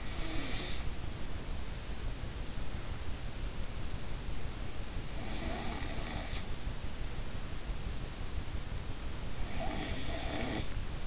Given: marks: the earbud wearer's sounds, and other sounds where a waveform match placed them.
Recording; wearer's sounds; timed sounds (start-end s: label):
sounds in sleep by an in-ear microphone; snoring breath
0.00-0.85 s: snoring breath
9.37-11.07 s: snoring breath